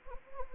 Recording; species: mosquito wingbeat signal from an infrared sensor; Anopheles gambiae